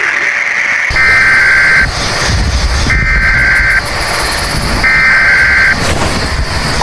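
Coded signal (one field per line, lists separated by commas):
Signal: Emergency Alert System (SAME) tones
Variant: header bursts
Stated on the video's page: Simulated EAS scenario, a War of the Worlds Halloween special set in Oklahoma in 2005.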